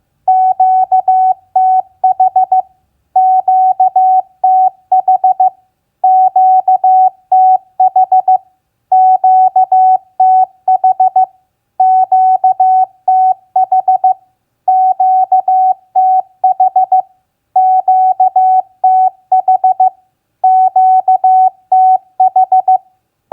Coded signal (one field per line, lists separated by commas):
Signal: Morse code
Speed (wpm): 15 wpm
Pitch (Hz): 750 Hz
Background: none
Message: QTH QTH QTH QTH QTH QTH QTH QTH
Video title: Morse Code Practice QSO Elements Q1a NAME-RST-QTH 15wpm